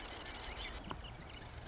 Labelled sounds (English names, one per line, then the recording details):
Marsh Wren
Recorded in Sonoma County, California